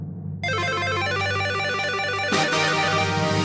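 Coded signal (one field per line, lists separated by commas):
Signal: none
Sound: beeps in background music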